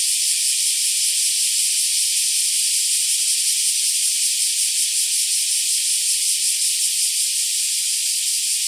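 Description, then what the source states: Black cicadas keep up a sizzling, high buzz that stays level. More than one black cicada.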